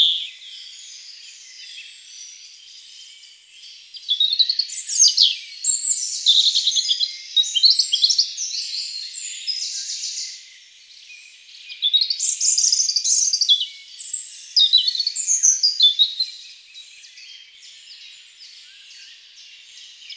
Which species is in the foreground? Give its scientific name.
Erithacus rubecula